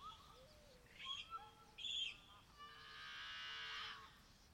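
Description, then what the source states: Yellow-headed Blackbird giving a long raspy buzzing call after scattered whistled notes and chips, with soft low cooing notes underneath. Several birds in a morning marsh near the main entrance of Columbia National Wildlife Refuge; males on exposed reeds or limbs swing heads and wings giving a long 'marooooooow' call, females hidden in reeds with young chatter loudly.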